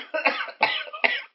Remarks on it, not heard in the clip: It is the COVID cough because I do indeed currently have COVID.